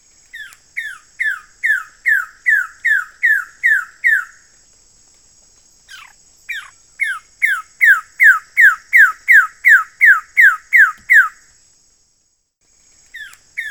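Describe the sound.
Bird song of clear downslurred whistled notes repeated steadily, nearly three per second, in two long runs separated by a pause and a third run just starting at the end, over a constant faint high electronic tone.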